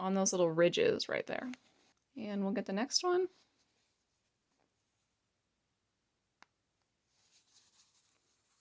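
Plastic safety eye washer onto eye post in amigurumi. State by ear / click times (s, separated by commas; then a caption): seated / 6.4 s. Someone talks, then a second plastic safety eye washer is pushed down the ridged post of the other safety eye in a crocheted amigurumi head. It gives a single sharp click at 6.4 s as it seats onto the post, followed by faint soft handling sounds.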